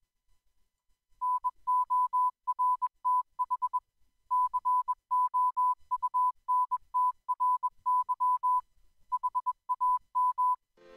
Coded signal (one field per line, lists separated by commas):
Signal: Morse code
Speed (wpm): 21 wpm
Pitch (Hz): 1000 Hz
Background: music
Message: NORTH COUNTRY HAM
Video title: Ham Radio Go Box, a kit for POTA, Field days, and other radio events!